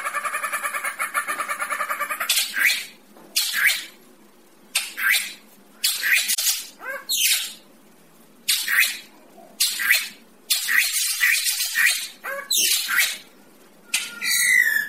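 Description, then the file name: Racket-tailed drongo song: an opening rattling trill, then many harsh, scratchy notes given every second or so, ending with a brief warbled phrase. "tieng cheo beo duoi co"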